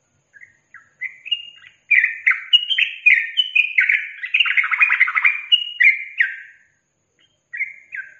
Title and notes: MASTERAN Trucukan Tembakan Dan Ropel 1. BURUNG TRUCUKAN